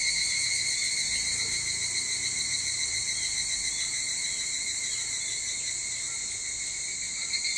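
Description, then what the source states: Evening cicada song as an unbroken, high metallic hum, constant in pitch, over a quiet background. Recorded 22 July 2023 at 04:40.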